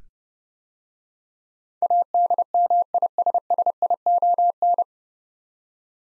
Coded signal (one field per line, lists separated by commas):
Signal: Morse code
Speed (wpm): 30 wpm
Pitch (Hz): 700 Hz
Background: none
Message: ADMISSION